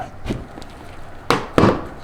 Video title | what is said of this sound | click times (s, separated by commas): New MASSIVE ROCK PROTECTION for your C8 Corvette! "ACS Composite DIY" | like that and you'll hear it pop that's the normal sound it makes | 1.3 s, 1.6 s